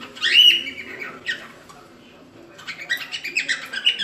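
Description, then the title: Cockatiel calls: a loud harsh squawk at the start and a shorter one just after, a quiet gap, then a run of rapid chattering notes. Several cockatiels singing with whistles. "Calopsitas Cantando Assobio"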